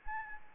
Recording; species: mosquito wingbeat signal from an infrared sensor; Anopheles arabiensis